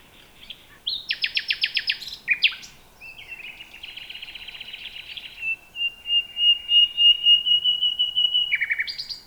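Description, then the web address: Common nightingale song: a rapid repeated rattle, buzzy phrases, then a long run of repeated whistled notes rising slightly, with a new phrase starting at the end. "nachtegaal luscinia megarhynchos"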